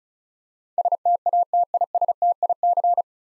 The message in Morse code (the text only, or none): STATISTIC